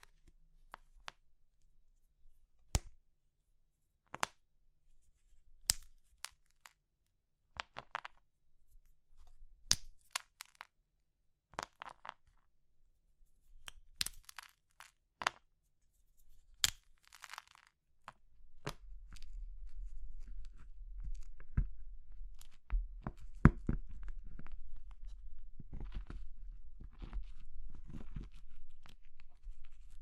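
Crushing sounds from crumbly material like chalk or meringue: sharp, separate crunches and cracks every second or so for the first eighteen seconds. After that a steady low rumble sets in beneath denser, grittier crumbling and scraping that continues to the end.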